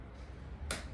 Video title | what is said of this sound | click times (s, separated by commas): MON PACK STIHL 2026 : Présentation de ma RMA 235, FSA 120 et BG 56 ! | là, vous avez entendu le clic. Là, ça veut dire qu'elle que c'est bien actionné. | 0.7 s